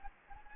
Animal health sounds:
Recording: mosquito wingbeat signal from an infrared sensor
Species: Anopheles gambiae

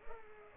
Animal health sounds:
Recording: mosquito wingbeat signal from an infrared sensor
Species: Culex pipiens

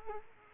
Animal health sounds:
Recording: mosquito wingbeat signal from an infrared sensor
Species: Culex quinquefasciatus

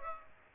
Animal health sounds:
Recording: mosquito wingbeat signal from an infrared sensor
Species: Aedes aegypti

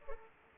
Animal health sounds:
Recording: mosquito wingbeat signal from an infrared sensor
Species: Culex pipiens

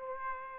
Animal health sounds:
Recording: mosquito wingbeat signal from an infrared sensor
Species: Aedes aegypti

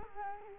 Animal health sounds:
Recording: mosquito wingbeat signal from an infrared sensor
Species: Culex quinquefasciatus

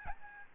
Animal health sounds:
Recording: mosquito wingbeat signal from an infrared sensor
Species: Aedes albopictus

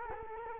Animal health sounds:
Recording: mosquito wingbeat signal from an infrared sensor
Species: Culex quinquefasciatus

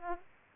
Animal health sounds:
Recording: mosquito wingbeat signal from an infrared sensor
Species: Aedes aegypti

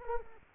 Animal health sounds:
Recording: mosquito wingbeat signal from an infrared sensor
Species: Culex quinquefasciatus

